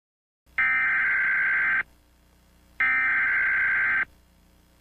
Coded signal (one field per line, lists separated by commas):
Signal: Emergency Alert System (SAME) tones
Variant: header bursts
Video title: EAS Scenario: The Powerpuff Girls